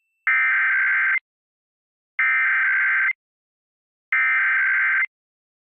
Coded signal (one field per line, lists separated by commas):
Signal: Emergency Alert System (SAME) tones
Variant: header bursts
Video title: EAS During Work It Out Womabts! (11-6-23 WHRO-DT1)